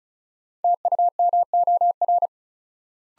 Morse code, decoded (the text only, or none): TUMOR